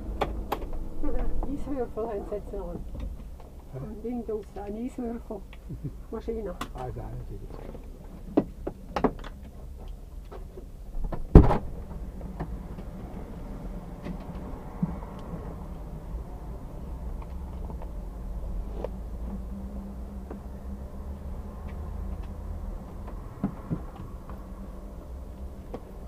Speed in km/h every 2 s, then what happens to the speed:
0, 0, 0, 0, 0, 0, 0, 0, 0, 0, 0, 0, 0.
0-26 standing.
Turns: none.